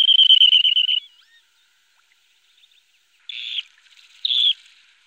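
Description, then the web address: Dunlin producing a brief, rapid buzzy trill, then a pause followed by two short, harsh, buzzy notes about a second apart. "Songs of Birds of North America. Dunlin"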